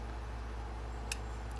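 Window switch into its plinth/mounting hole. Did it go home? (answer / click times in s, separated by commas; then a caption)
yes / 1.1 s. A restored vintage Ducellier window switch from a Ferrari 330, fitted with new plastic parts that are a little tighter than the original, is pushed into its mounting hole. Against a steady low hum, one sharp click sounds at 1.1 s as the switch clips in and seats.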